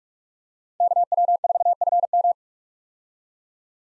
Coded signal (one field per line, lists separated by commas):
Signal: Morse code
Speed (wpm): 46 wpm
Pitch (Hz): 700 Hz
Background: none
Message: KW4FM